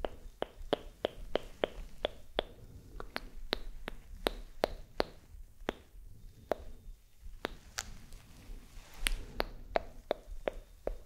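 Faint, unintelligible whispering sits under a run of sharp clicks and taps. The clicks come quickly and fairly evenly for the first two seconds, thin out through the middle, then bunch up again near the end, over a soft low rumble.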